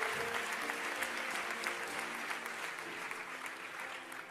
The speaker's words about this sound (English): How long have you been married? 50 years. Did you say 50? 50. Oh, clap hands.